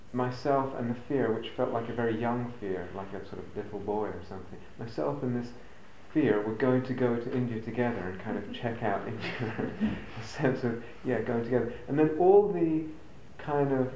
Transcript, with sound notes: my self and the fear, which felt like a very young fear, like a sort of little boy or something, my self and this fear were going to go to India together and kind of check out India. [laughs] The sense of, yeah, going together. And then all the kind of